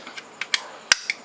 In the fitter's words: okay, that one clicked.